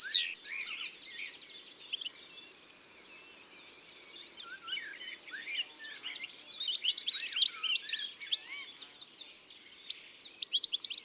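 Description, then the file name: European goldfinch song: a fast, tinkling jumble of high twittering notes with a short buzzy trill in the middle, continuing without pause. Isère, France. "Chardonneret-elegant-Concerts-naturels-de-l Isere-Studio-Les-Trois-Becs"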